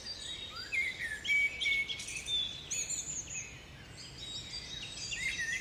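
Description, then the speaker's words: Dawn chorus of woodland birds, clear whistled notes, short upward sweeps and rapid chattering phrases overlapping, several singers active throughout over low background hiss. Binaural dawn chorus of mixed birds in an English woodland on the Herefordshire borders, recorded around 3 a.m. "So please allow yourself to stop and simply listen to this English woodland dawn chorus to mark Nyepi in my own small way."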